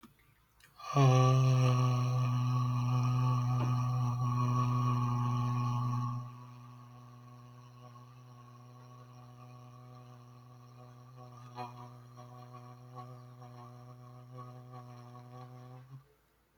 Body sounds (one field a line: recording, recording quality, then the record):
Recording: sustained vowel as in made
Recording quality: excellent, no background noise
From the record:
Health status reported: healthy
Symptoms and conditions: sore throat, asthma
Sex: male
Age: 27 years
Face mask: not worn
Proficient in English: yes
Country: Canada